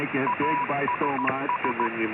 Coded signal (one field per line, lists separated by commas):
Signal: Morse code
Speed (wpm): 16 wpm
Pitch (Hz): 980 Hz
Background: speech, radio noise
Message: ASS